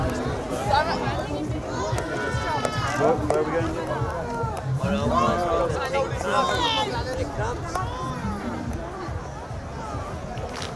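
A night walk at Glastonbury, from the big GLASTONBURY sign by the Park Stage back to a tent. Many voices talk and call out over one another in a steady, dense babble, with occasional laughter and shouts rising above the crowd throughout.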